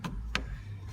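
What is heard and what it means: A plastic trim piece clipped to the front door panel of a Sprinter van is gripped right under the door handle and pulled away. A faint snap at 0.0 s is followed by a sharp pop at 0.4 s as the clip lets go, and the trim piece comes off the door panel.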